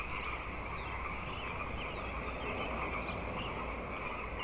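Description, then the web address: Frogs calling in a dense, continuous chorus, with low background rumble. Frog chorus at Grafton Lake, recorded 3 May 2009. "The Frog Chorus Tunes Up On Grafton Lake frogs 090503"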